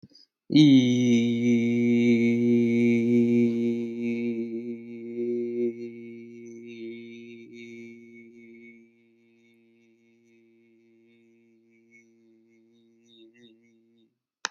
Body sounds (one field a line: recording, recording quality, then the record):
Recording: sustained vowel as in beet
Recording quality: excellent, no background noise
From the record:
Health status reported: exposed to COVID-19, no respiratory illness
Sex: male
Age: 41 years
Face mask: not worn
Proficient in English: yes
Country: United States